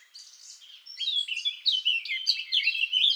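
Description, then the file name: Eurasian blackcap singing a quick, tumbling warble of bright, varied high notes that grows louder and richer toward the end. "Sylvia atricapilla"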